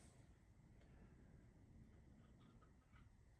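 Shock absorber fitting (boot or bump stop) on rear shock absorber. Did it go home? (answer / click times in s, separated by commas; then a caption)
no / none. A boot or bump stop fitting is slid over a Hyundai i10 rear shock absorber after Vaseline is applied and worked into position, with soft rubbing and handling noises over a steady low rumble and a few faint squeaky tones near the end. Nothing has seated or clicked yet.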